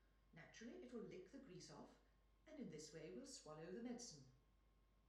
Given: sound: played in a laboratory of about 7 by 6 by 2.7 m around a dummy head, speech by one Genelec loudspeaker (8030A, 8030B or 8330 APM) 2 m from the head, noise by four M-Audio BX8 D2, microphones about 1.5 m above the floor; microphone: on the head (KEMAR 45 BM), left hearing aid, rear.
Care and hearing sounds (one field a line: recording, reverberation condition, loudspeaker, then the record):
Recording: female speech in English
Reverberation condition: medium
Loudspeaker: in front (0 degrees)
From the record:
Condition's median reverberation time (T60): about 510 ms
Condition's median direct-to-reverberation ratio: about -0.5 dB